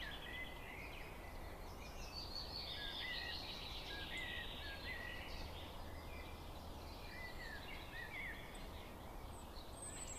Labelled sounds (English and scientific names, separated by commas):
European Robin (Erithacus rubecula) song